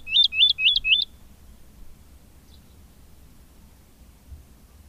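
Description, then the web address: Woodlark song: a short run of four quick, identical slurred notes, rising then falling, delivered in about one second, then quiet. "agykontroll Madardalok Cd 2. Erdei pacsirta"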